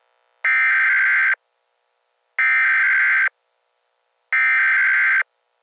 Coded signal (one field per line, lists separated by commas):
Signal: Emergency Alert System (SAME) tones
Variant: header bursts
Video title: EAS Scenario - Malevolence